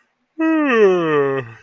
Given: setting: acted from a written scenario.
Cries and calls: vocal sound without words; contentment

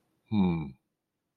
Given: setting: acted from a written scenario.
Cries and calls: vocal sound without words; confusion

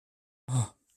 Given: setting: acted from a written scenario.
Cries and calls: vocal sound without words; distress

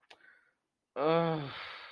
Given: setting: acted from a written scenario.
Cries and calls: vocal sound without words; sadness

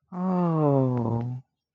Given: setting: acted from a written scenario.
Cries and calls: vocal sound without words; sympathy

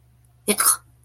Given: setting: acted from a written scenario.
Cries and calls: vocal sound without words; disgust

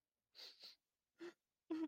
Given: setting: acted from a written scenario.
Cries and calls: vocal sound without words; sadness

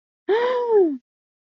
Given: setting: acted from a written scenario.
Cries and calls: vocal sound without words; awe

